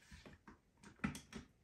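A plastic lid is clipped onto a Cecotec blender bowl to engage its double safety lock, with soft handling knocks around 0.5 s and 1.3 s. The lid's safety latch clicks shut at 1.0 s with a short, sharp snap, and the lid is seated.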